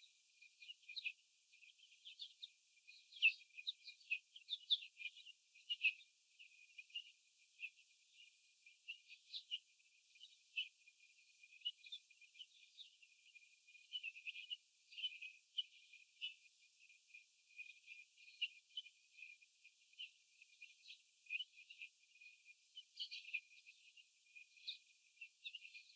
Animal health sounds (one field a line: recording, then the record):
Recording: young laying hens in a cage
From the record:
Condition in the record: after the stressor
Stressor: sudden umbrella opening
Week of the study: 3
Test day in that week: 2